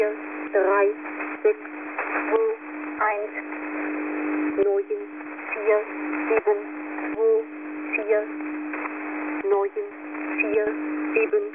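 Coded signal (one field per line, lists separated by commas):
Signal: numbers station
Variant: G06 German Lady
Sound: a woman's voice reading single digits at an even pace over a steady low hum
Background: radio static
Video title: Russian Number Station G06 - German Lady 00000 - "Fake-Message" with XP shutdown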